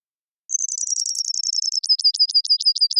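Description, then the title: Brewer's sparrow song: a high, rapid trill that begins after a brief silence, drifting slightly lower and then breaking into slower, more distinct pulses toward the end. Several males singing or counter-singing to one another, in a high subalpine sagebrush meadow in the Okanogan Mountains; sagebrush steppe, North America; mirthful, playful, bubbling voices. "Brewer's Sparrow Performance"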